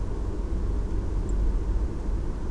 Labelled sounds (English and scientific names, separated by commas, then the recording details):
Song Thrush (Turdus philomelos)
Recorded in Germany
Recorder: ecoPi